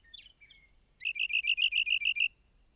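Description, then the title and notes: Rock wren song opening with a couple of short slurred notes, then a crisp trill of roughly ten quick, evenly repeated high notes. "Rock Wren. Macaulay Library at Cornell Lab of Ornithology"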